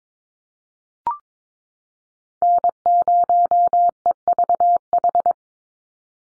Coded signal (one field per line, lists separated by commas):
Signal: Morse code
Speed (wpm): 22 wpm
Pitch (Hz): 700 Hz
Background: none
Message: N0EVH